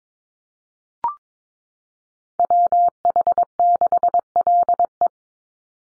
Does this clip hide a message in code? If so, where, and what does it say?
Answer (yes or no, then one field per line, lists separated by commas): yes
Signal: Morse code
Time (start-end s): 2.4-5.1 s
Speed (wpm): 22 wpm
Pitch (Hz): 700 Hz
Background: none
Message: WH6LE